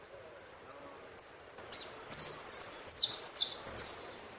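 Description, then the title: Saffron finch song opening with four clean high chips, then building into a rapid series of loud, rasping, downslurred notes. "Jilguero Argentino"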